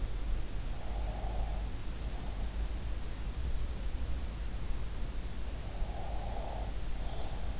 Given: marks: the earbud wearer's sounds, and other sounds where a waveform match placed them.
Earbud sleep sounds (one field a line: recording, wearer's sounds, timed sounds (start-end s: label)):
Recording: sounds in sleep by an in-ear microphone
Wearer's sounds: breath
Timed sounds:
0.88-2.79 s: breath
5.78-7.60 s: breath